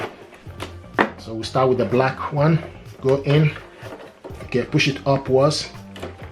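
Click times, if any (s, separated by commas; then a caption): none. A black ink cartridge is handled and pushed upward into the carriage of an HP Deskjet 3762, 3772, 3755 or 3700 series printer while someone talks, with a few brief knocks of handling around 0.6 s, 1.0 s and 6.0 s. The clip ends before the cartridge goes home; nothing has seated or clicked yet.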